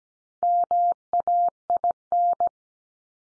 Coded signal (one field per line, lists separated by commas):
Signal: Morse code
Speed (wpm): 17 wpm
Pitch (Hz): 700 Hz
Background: none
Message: MAIN